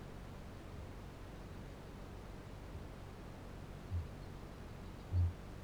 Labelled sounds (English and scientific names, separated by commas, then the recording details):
Kākāpō (Strigops habroptilus) boom
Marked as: faintness 3/5
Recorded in New Zealand
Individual Barnard